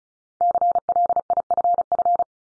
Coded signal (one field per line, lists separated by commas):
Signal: Morse code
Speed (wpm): 36 wpm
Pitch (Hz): 700 Hz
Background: none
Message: CLIFF